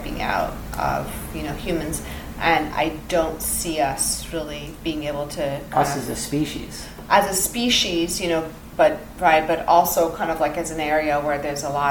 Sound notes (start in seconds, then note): none